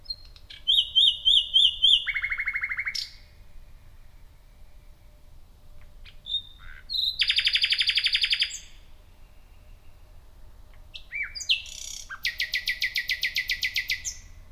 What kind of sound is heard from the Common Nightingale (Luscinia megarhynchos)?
song